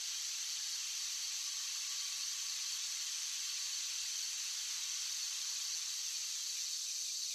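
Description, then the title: Cicadas sing in a continuous high, hissy drone that holds steady across the whole stretch without pauses or changes in pitch. Cicadas singing outdoors on a warm summer night. "17 Minute Rosary - SATURDAY - Joyful - CICADA SONG"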